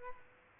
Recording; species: mosquito wingbeat signal from an infrared sensor; Aedes albopictus